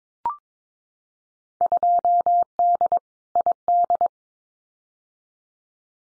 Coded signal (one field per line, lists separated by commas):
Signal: Morse code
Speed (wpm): 22 wpm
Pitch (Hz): 700 Hz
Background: none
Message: 2D ID